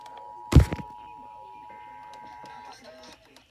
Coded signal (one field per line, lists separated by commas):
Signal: Emergency Alert System (SAME) tones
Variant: 853 and 960 Hz attention tone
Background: music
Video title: EAS Completion #29 EAS Alerts From July 2 EAS 816-848